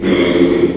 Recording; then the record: squeal of a Yucatan mini pig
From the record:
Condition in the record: after surgery on the right vocal fold (resection and tissue-engineered implant); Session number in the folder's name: 2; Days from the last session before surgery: 13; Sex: male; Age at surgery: 12 weeks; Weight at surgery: 13 kg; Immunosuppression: cyclosporine, prednisolone